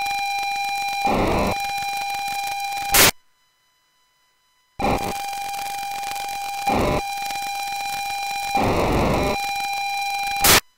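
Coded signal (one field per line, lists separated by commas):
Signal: POCSAG pager data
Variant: P2000 system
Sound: two harsh buzzing, rattling data bursts with steady tones, separated by brief silence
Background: radio static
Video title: POCSAG P2000 system 169 650 MHz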